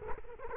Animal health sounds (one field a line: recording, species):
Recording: mosquito wingbeat signal from an infrared sensor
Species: Culex quinquefasciatus